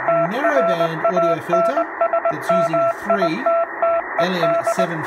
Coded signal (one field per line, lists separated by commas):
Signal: Morse code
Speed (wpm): 19 wpm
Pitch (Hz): 670 Hz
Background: speech, radio noise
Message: TRANSMITTED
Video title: CW Audio Filter …. Hear Clearly @TheArtofEngineering